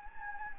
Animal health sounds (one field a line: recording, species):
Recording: mosquito wingbeat signal from an infrared sensor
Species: Anopheles gambiae